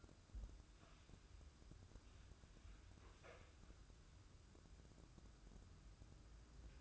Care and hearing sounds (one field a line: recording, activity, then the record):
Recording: daily activity, microphone in the room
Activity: wipe stove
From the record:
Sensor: 2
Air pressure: 995.9 hPa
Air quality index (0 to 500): 90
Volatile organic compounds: 4 ppm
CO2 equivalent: 1658 ppm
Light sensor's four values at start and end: 24/78/30/29 and 23/77/30/28